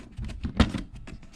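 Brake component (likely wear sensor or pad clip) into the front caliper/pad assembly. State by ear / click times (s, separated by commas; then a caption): not seated / none. During front brake reassembly on a BMW 340i with OEM rotors and pads and a 4-piston Brembo caliper, a brake part (likely the wear sensor or a pad clip) is pressed into the front caliper and pad assembly. Soft handling taps and rattles are heard, with the sharpest tap at about 0.6 s and quieter knocks around 0.3, 0.5, 1.1 and 1.2 s. Nothing has seated or clicked into place yet.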